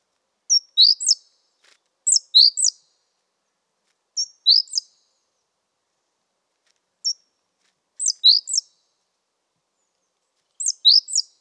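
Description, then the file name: Great tit calls: high, thin groups of one to three notes repeated at irregular intervals of roughly two seconds, with silence between them. "Parus major"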